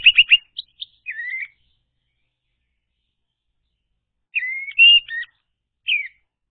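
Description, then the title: Orange-headed thrush song in brief pieces: a rapid stuttered whistle, a slurred rising note, then sparse short whistled phrases after a pause. Song played to lure an orange-headed thrush that has stopped singing into singing again. "Anis Merah Macet.. Pancing Dengan Suara Ini.. # Anis Merah"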